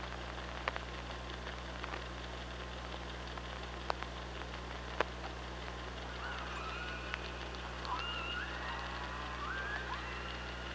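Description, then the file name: Killer whale calls, a run of overlapping rising and wavering harmonic cries in the second half, preceded by sharp clicks over a persistent low hum. Recorded on the OrcaLab hydrophone, 24 August 2017 at 05:33. "Orca Lab UTLN JASON 20170824 053330"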